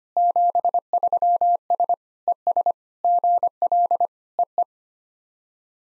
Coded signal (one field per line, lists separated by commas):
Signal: Morse code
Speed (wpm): 25 wpm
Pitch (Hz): 700 Hz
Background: none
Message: 73S ES GL EE